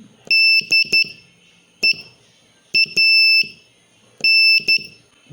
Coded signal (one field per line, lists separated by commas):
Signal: Morse code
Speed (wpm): 13 wpm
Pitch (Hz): 2650 Hz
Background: none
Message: DEAN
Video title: Morse Code for Ham Radio Made Easy 4!